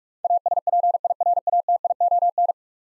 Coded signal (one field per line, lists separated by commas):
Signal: Morse code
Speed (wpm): 46 wpm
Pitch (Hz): 700 Hz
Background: none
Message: ASPIRATION